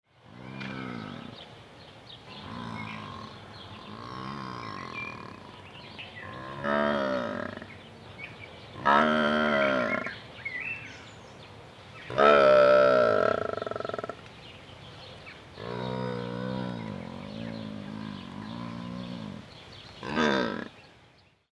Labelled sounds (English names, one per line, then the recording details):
Scimitar-horned Oryx
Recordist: Tembrock, Günter
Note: Langlaute eines Weibchens